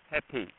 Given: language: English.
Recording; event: throat vibration sensor signal played as sound; speech